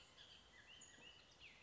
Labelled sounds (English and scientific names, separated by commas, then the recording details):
Bullock's Oriole (Icterus bullockii)
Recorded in Sonoma County, California